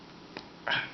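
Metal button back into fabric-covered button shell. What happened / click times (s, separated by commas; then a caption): The metal button back snapped into its shell / 0.7 s. A pusher tool gives a second push to snap a metal button back into a fabric-covered button shell. A faint tap sounds at about 0.4 s, then a sharp, louder click at 0.7 s as the metal back seats home in the covered button.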